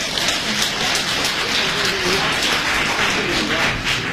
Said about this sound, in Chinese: 其实这里边要提前说一句，我们的乐队老师，大家看见刚才除了一场单弦一直都是没有下去过，建议我们把最热烈的掌声献给他们。